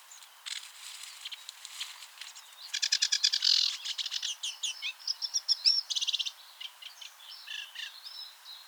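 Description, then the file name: Sedge warbler song: a fast, chattering run of dry clicks and buzzy notes, peaking in a rapid rattling burst, then scratchy trills and sweet whistles mixed in. Recorded 29 April 2017 in the Seine Estuary nature reserve, France. "Acrocephalus-schoenobaenus 2 76 RNN-Estuaire-Seine"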